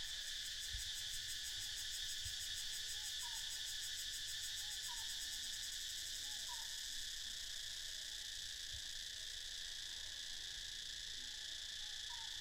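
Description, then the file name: Cicadas in a dense, continuous high buzzing chorus with a rapid pulsing shimmer, while faint short downslurred notes recur every second or two underneath. "freesound cicadas"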